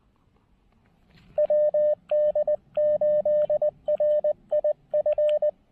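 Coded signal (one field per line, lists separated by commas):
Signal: Morse code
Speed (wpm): 19 wpm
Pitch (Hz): 590 Hz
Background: none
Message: WD8RIF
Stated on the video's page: POTA activation of New River Gorge National Park, a QRP operation, recorded in 2022 and shown from the archives.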